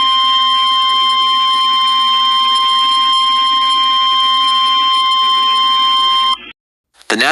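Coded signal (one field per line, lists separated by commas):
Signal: Emergency Alert System (SAME) tones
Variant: 853 and 960 Hz attention tone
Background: speech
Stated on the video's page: Flash flood warning EAS as heard on an FM station; a recreation of what the radio would have aired.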